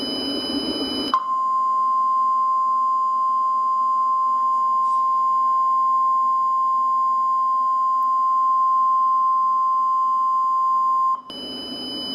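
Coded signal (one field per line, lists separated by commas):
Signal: Emergency Alert System (SAME) tones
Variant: 1050 Hz attention tone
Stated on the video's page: Fictional tornado watch and warning scenario, simulated rather than a real broadcast.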